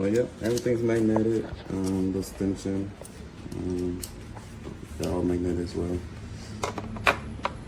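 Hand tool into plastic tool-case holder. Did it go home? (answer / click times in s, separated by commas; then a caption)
no / none. Someone talks while handling a metal hand tool from a turquoise Amazon Basics 142-piece household tool set with its 34 x 23 tool case, moving it toward its molded plastic holder in the case. A few sharp handling knocks sound near the end, between about 6.6 and 7.5 seconds, the loudest at 7.1 seconds. Nothing has seated or clicked into the holder yet.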